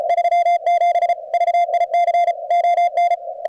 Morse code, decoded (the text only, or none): 37 VIC ON